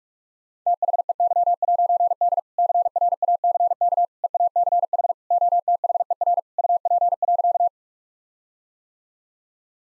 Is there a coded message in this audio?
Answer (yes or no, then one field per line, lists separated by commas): yes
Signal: Morse code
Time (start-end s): 0.7-7.7 s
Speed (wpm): 46 wpm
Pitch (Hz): 700 Hz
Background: none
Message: THEY'D CRACK EACH OTHER UP.